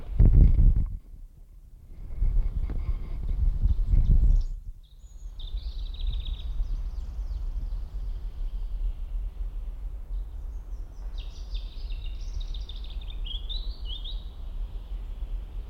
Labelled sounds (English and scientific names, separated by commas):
European Robin (Erithacus rubecula)